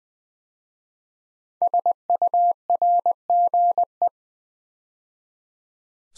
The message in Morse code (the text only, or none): SURGE